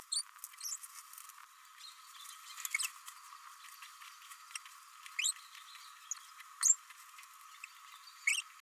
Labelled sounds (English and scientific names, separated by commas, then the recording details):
Green-rumped Parrotlet (Forpus passerinus) babbling
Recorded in a nest box in Venezuela
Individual 18B104A3